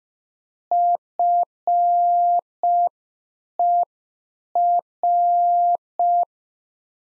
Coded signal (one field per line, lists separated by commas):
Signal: Morse code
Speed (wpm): 5 wpm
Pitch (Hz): 700 Hz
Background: none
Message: FER